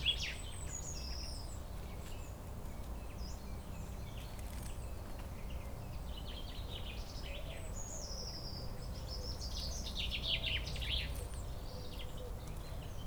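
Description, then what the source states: Common Chaffinch song: a quick series of bright notes near the end, with scattered high chirps over a constant low rumble. Singing near Chindrieux's oldest tree, a centuries-old lime tree, in a neighbourhood park in Chindrieux, France.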